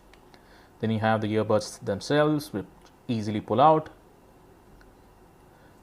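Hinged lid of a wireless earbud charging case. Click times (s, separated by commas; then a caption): 0.1 s, 0.3 s. The plastic hinged lid of a boAt Airdopes 433 wireless earbud charging case (2021) is opened and snaps into place, with two quick sharp clicks at 0.1 s and 0.3 s. Someone then talks.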